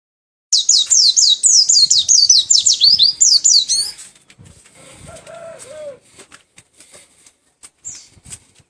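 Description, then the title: White-eye song, a fast chain of high downward-slurred whistles lasting over three seconds, followed by rustling, a short lower warbled phrase and scattered faint chirps. Endemic white-eye from Malang, East Java. "Burung Pleci Macok Endemik Jatim Malang"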